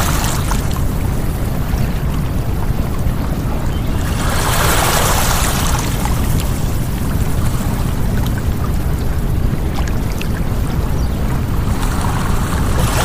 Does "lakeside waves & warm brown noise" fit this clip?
yes